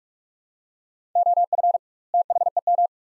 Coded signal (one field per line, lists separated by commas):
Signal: Morse code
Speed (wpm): 45 wpm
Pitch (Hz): 700 Hz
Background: none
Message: OF THEM